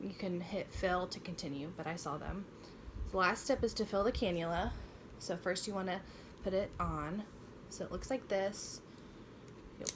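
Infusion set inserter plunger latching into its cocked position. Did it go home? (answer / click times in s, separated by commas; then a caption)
yes / 9.9 s. A woman talks for most of the clip while handling the plastic, spring-loaded inserter of a Tandem t:slim X2 insulin pump infusion set. Near the end the inserter plunger is pulled back. A sharp click at 9.9 s marks it latching into its cocked position.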